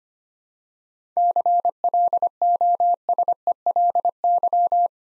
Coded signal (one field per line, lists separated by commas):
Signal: Morse code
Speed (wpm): 25 wpm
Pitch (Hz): 700 Hz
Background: none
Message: CLOSELY